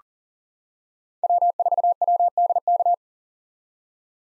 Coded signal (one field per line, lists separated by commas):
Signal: Morse code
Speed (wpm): 40 wpm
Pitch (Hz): 700 Hz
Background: none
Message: W4WDK